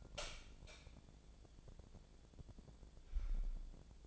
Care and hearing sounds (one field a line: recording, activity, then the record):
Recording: daily activity, microphone in the room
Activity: light on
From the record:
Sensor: 5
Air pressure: 1000.2 hPa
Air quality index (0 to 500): 104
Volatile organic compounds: 1 ppm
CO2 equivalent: 844 ppm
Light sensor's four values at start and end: 207/492/211/232 and 209/496/212/234